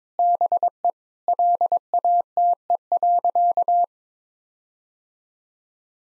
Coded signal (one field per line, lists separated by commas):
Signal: Morse code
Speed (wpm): 22 wpm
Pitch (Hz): 700 Hz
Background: none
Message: BE LATE.